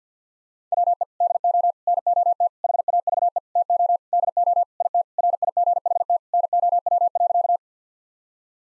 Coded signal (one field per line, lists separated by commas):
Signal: Morse code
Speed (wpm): 50 wpm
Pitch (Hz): 700 Hz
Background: none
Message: WE DO NOT HAVE TO DO IT RIGHT NOW.